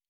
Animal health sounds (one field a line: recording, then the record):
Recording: hydrophone in a shrimp aquaculture tank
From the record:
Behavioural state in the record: normal